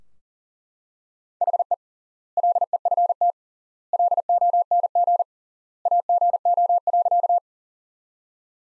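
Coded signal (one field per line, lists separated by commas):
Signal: Morse code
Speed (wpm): 40 wpm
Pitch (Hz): 700 Hz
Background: none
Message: HE LEFT LONG AGO.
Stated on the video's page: Morse practice sentences from top 500 words at 40 wpm, with 3x standard word spacing, a Farnsworth-like method.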